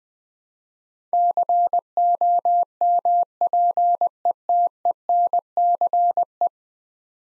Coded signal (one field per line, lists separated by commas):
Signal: Morse code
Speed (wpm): 20 wpm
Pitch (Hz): 700 Hz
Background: none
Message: COMPETENCE